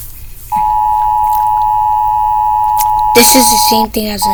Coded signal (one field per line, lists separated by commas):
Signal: Emergency Alert System (SAME) tones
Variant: 853 and 960 Hz attention tone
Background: speech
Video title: EAS Alarms scale 0/10